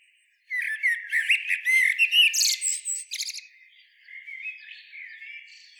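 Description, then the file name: Eurasian blackbird song starting with a warbled run of fluty notes, rising into shrill squeaks, then trailing off into quieter soft warbling. "Turdus merula"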